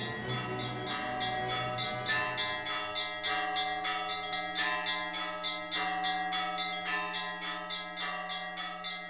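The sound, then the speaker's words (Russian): Cheerful church bells ring continuously in a rapid, overlapping peal, bright metallic strikes layered over a steady low hum, with no voices, heard by someone running along an empty road outside town in freezing cold. “Соленая маска замерзла на моем лице и хлопьями отлетала прочь при каждом прыжке посередине пустой дороги, по которой я бежал под веселые, переливающиеся звуки колоколов.”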